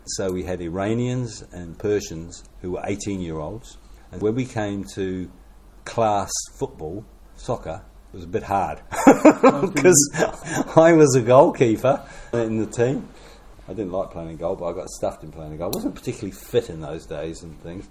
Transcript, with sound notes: So we had Iranians and Persians who were eighteen-year-olds, so when we came to class football… soccer… it was a bit hard [chuckle] ‘cause I was a goal keeper in the team. I didn’t like playing in goal but I got stuffed in playing in goal – wasn’t particularly fit in those days and things.